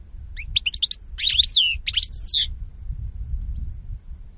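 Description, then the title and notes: Goldfinch singing a short burst of liquid twitters and rising-falling whistled notes for about two seconds, then near silence apart from low rumble. Spanish goldfinch lure call (reclamo). "JUNIO 2014. Reclamo jilguero espaÑol. La Mañana"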